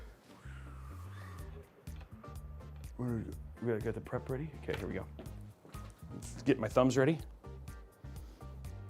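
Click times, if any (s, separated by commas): none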